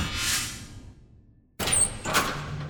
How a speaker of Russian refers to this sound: Инга заперла дверь за ушедшим эмоцентриком